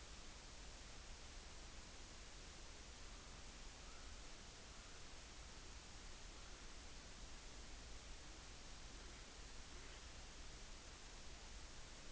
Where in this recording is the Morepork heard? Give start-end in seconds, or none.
none